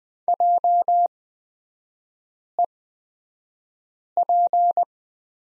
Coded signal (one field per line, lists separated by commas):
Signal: Morse code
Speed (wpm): 20 wpm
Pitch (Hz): 700 Hz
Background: none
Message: JEP